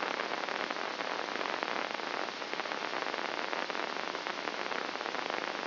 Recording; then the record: brain microelectrode recording played as sound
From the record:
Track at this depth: inside the subthalamic nucleus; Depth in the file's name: 2.634 mm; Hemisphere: left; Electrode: 2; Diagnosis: Parkinson's disease